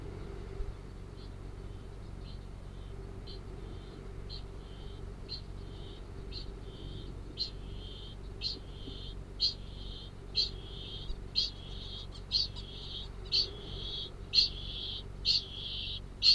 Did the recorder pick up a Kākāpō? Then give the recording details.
yes. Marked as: faintness 4/5, faintness 3/5, faintness 2/5. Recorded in New Zealand. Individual Arab